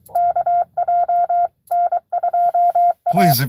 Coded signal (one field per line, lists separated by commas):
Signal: Morse code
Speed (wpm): 24 wpm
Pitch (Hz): 700 Hz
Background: speech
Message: KJ N2A